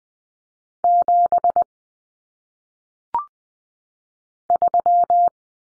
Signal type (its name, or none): Morse code